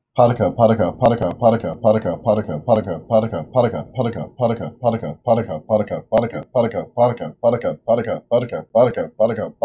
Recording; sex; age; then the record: repeated syllables /pa ta ka/; male; 18 to 19 years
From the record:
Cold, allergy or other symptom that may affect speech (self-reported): no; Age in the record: 19 years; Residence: Kentucky, United States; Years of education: 14